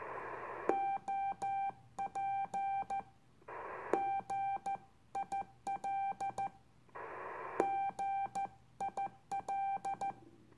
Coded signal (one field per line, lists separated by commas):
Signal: Morse code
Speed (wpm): 14 wpm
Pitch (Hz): 790 Hz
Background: none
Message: OP GIL GIL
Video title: My First Morse Code Radio Contact On VHF.